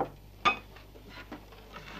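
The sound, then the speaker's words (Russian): A glass and some food are set down on a table: one sharp clink, then a few faint light knocks and taps over a low, steady hum, with no voices. “Ставит на стол стакан и закуску.”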